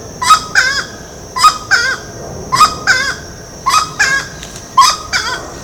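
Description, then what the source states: Grey-cowled wood rail giving loud, raucous doubled calls, a harsh note followed by a squawk, repeated about once a second over a constant high hum. Recorded at Ibirapuera, São Paulo, Brazil, on 6 December 2012.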